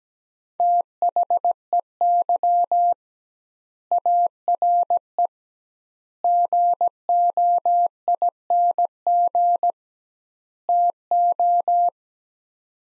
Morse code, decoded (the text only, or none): THEY ARE GOING TO